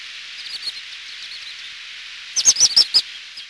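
Xantus's murrelet giving a quick burst of several high, thin chirps near the end, over a steady hiss.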